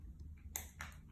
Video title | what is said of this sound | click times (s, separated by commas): How to Change the Battery in my Garage Door Remote | you'll hear it pop and that means you've got the cover back on | 0.6 s, 0.8 s